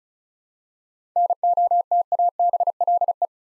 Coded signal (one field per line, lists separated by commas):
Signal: Morse code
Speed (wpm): 36 wpm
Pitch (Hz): 700 Hz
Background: none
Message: NOTABLE